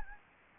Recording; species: mosquito wingbeat signal from an infrared sensor; Anopheles gambiae